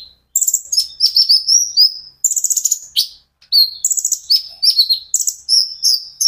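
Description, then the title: Van Hasselt's sunbird in steady song: rapid high twittering phrases with thin drawn-out whistles, repeated with only short pauses. A konin ijoan singing constantly (gacor); recording meant as a lure and therapy aid to make untrained konin answer. "KOLIBRI NINJA KONIN IJOAN GACOR COCOK UNTUK PANCINGAN TERAPI KONIN BAHAN PASTI NYAUT"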